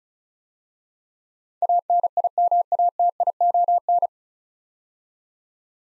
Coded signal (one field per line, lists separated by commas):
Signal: Morse code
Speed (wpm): 36 wpm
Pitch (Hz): 700 Hz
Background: none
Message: ANIMATION